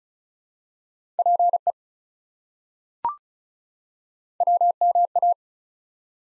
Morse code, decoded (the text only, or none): PE WMA